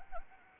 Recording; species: mosquito wingbeat signal from an infrared sensor; Anopheles arabiensis